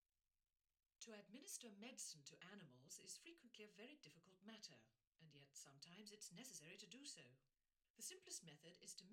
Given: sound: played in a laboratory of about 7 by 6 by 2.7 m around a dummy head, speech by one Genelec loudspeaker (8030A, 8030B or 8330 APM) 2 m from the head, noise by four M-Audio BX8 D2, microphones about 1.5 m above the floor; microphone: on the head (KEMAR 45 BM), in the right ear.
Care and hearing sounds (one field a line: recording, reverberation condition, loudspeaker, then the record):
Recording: female speech in English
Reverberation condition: low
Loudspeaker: 30 degrees to the right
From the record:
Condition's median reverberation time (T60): about 310 ms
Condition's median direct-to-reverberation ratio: about 3.5 dB